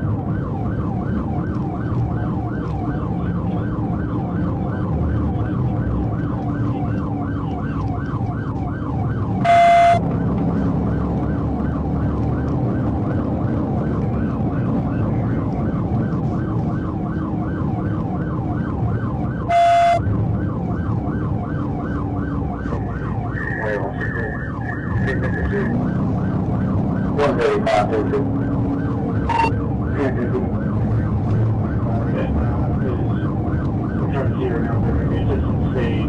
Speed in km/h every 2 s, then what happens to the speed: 130, 130, 127, 119, 126, 138, 142, 140, 135, 130, 122, 109, 118, 129, 132, 138, 143, 148.
0-7 slows to 119. 7-13 speeds up to 142. 13-23 slows to 109. 23-36 speeds up to 148.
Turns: none.